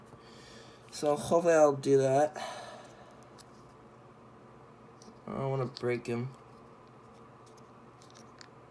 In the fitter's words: oh there we go I heard the click